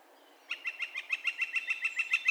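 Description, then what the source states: Northern flicker begins a fast, regular run of loud, piercing notes, a dozen or so in two seconds. Calls; recorded 2 May 2020.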